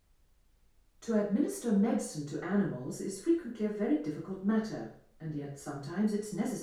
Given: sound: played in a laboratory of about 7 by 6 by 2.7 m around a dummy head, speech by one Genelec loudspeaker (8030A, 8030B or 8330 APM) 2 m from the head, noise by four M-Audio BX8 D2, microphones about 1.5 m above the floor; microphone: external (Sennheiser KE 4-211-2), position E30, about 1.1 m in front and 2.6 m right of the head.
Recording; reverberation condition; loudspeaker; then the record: female speech in English; medium; 60 degrees to the left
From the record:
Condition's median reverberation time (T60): about 510 ms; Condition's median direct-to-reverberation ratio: about -0.5 dB